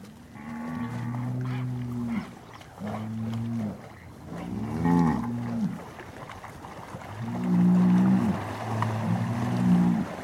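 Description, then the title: Cow moos: two low, level moos, an arched, wavering call, then two louder, steady moos near the end. Cow communication through mooing. "Eco-Moo-tion: The Ecological Soundscape of Cow Conversations"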